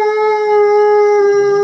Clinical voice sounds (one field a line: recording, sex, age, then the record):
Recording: sustained vowel /i/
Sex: female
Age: 60 to 69 years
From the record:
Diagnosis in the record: amyotrophic lateral sclerosis, bulbar onset 12 months earlier, bulbar signs present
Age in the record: 64 years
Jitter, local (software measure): 0.40%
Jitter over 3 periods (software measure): 0.25%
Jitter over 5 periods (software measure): 0.27%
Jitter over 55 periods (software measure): 0.38%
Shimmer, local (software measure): 2.2%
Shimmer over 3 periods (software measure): 1.1%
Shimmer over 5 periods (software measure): 1.3%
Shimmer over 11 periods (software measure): 2.0%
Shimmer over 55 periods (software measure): 5.6%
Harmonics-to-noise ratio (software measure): 24.5 dB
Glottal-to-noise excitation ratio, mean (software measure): 0.93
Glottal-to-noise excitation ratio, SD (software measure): 0.033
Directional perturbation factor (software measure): 44.6%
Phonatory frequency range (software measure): 0.11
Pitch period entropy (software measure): 1.14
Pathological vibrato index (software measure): 0.19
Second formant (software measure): 1800 Hz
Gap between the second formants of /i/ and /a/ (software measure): 784 Hz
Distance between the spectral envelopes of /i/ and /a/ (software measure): 3.0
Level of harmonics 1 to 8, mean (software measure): -2.9, -13.5, -22.0, -23.9, -24.8, -59.8, -50.6, -58.1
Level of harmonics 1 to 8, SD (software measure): 2.3, 6.0, 5.3, 3.4, 4.5, 6.2, 7.9, 7.0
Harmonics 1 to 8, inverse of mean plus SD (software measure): 0.192, 0.051, 0.037, 0.037, 0.034, 0.015, 0.017, 0.015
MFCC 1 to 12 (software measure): -3.4, -14.9, -5.4, -15.4, -15.8, 1.4, -9.9, 11.7, 15.6, 17.6, 9.6, -21.6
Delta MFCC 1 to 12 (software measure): 0.057, 0.037, 0.030, 0.051, -0.066, -0.060, 0.056, -0.069, -0.040, -0.059, 0.045, 0.078